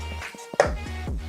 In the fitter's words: that's never as satisfying click as i want it to be but it's in